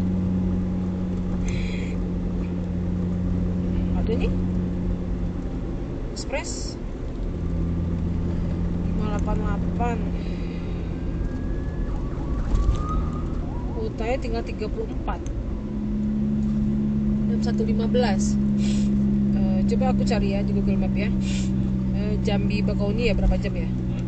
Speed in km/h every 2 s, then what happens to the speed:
47, 46, 47, 44, 45, 44, 41, 39, 35, 35, 34, 33.
0-9 steady at about 46. 9-24 slows to 33.